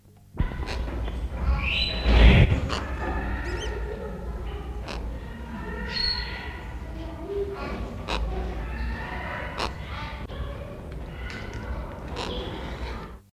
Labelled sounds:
White-necked Rockfowl call

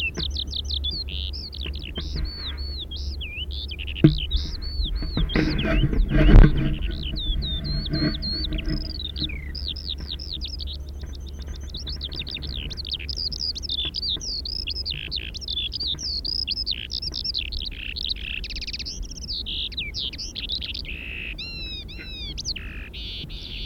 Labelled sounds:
Eurasian Skylark song

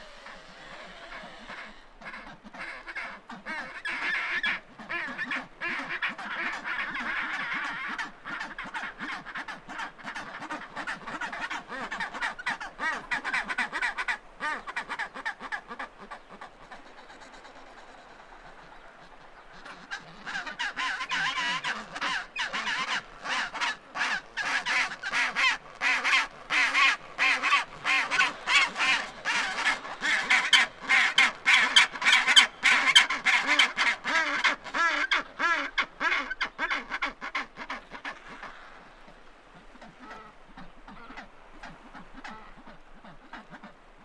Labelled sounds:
Chinstrap Penguin call

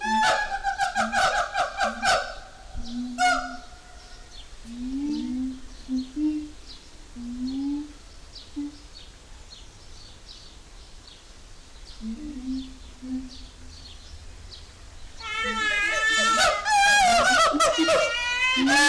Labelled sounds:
Siamang

